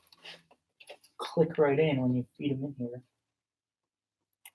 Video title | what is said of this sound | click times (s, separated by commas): Thrashing | they don't click they sorta just | none